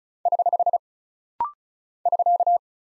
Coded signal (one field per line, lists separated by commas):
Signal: Morse code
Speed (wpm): 36 wpm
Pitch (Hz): 700 Hz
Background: none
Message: <HH> <SK>